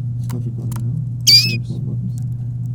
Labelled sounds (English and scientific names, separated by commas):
Domestic Canary (Serinus canaria) song